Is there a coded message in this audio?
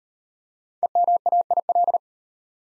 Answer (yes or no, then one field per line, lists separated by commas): yes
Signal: Morse code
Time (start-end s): 0.8-2.0 s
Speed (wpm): 37 wpm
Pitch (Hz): 700 Hz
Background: none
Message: EMAIL